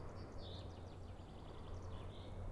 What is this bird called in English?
Common Chaffinch